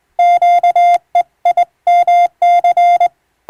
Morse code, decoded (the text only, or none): QEIMC